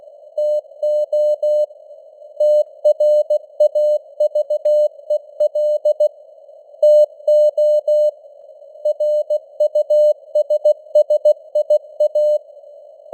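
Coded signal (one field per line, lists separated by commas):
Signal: Morse code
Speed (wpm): 16 wpm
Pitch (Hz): 600 Hz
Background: none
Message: TO TRAVEL TO RUSSIA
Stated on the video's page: Morse news headlines at 16 wpm with simulated radio noise and varying signal strength (QSB).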